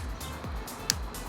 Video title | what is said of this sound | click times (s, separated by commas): Fanttik NB10 Flip Cordless Pressure Washer | and then the hose will just click into place. | 0.9 s